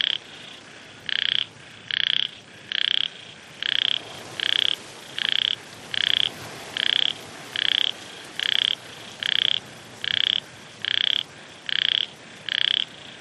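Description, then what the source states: Frog calls, short harsh pulsed croaks with a bright ringing tone, repeated in a steady series, over a faint hiss. Frogs in Vietnam, with wind.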